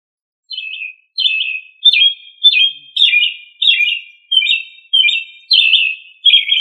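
Thrush song: short phrases of warbled, slurred notes around mid-high pitch, repeated about every half second to second, each phrase slightly varied, no other clear sounds.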